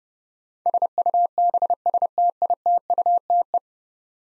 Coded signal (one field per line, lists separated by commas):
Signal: Morse code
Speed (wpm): 31 wpm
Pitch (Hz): 700 Hz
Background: none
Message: SUBSTITUTE